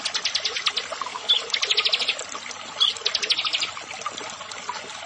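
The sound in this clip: Bar-winged prinia singing quick series of sharp high chips that run into brisk buzzy trills, several phrases in close succession over faint background hiss.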